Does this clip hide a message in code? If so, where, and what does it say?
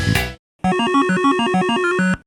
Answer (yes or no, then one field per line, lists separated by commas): no